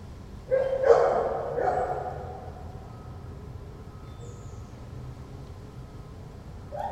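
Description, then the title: Dog howling in two short wavering bursts that fade away, then low background hum until another call starts at the end. Dog in a patio at Corinthstraße, Friedrichshain, Berlin, Germany, 14 September 2012, recorded from an apartment bathroom window; barking and howling for hours. "Patio with howling dog (Corinthstraße Berlin, September 14th 2012)"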